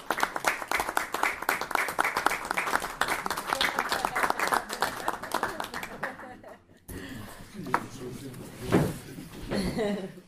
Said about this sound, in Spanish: Así pues, que muchas gracias y yo pido un aplauso para...